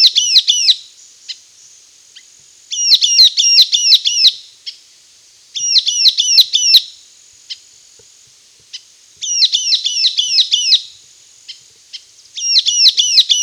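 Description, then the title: Sultan tit chattering: repeated runs of loud, metallic notes, several per burst, with bursts every few seconds, isolated chips in the gaps and a faint high background hiss. "Sultan Tit (Melanochlora sultanea)"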